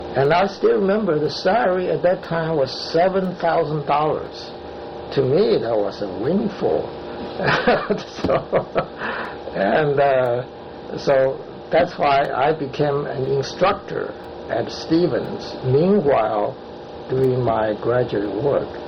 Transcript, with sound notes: I still remember the salary at that time was seven thousand dollars. To me that was a windfall! [laughter] So that's why I became an instructor at Stevens, meanwhile doing my graduate work.